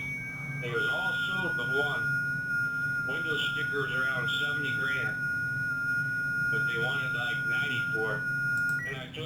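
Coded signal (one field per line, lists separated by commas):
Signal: FT8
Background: speech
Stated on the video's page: FT8 operation using WSJT-X.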